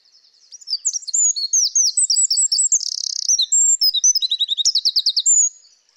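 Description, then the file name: Eurasian wren song, a loud rapid outpouring of high sharp notes, whistled slurs and fast rattling trills lasting about five seconds, with no other sounds. "Troglodytes troglodytes"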